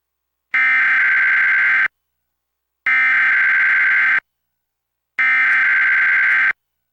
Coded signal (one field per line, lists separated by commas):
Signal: Emergency Alert System (SAME) tones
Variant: header bursts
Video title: EAS #929-930: 2 EAS Required Monthly Tests- May 7, 2024- 10:15AM PDT